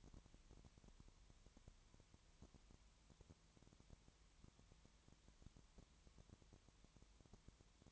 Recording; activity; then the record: daily activity, microphone in the room; no activity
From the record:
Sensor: 3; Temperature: 20.5 degrees Celsius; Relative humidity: 33.0%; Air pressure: 1003.2 hPa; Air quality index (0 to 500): 105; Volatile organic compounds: 2 ppm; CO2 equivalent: 1068 ppm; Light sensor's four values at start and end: 2/3/2/2 and 2/3/2/2